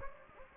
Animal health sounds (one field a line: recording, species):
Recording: mosquito wingbeat signal from an infrared sensor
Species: Anopheles gambiae